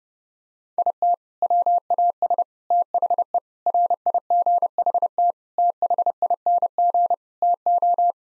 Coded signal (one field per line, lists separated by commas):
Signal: Morse code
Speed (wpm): 30 wpm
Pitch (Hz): 700 Hz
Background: none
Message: IT WAS THE RIGHT THING TO